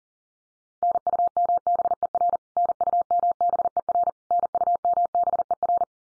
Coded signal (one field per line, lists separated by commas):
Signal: Morse code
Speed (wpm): 40 wpm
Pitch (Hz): 700 Hz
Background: none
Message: NUMBER NUMBER NUMBER